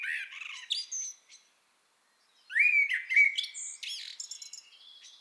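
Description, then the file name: Eurasian blackbird giving a warbled phrase, a brief silence, then a longer fluty phrase ending in high squeaky twitters. "Turdus merula"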